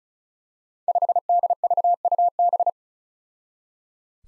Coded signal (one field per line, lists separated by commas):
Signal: Morse code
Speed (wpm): 36 wpm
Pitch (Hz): 700 Hz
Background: none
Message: 5DVUB